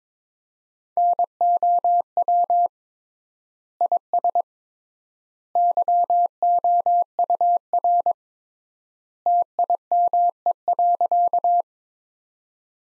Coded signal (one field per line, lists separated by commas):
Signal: Morse code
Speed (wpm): 22 wpm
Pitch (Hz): 700 Hz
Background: none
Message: NOW IS YOUR TIME.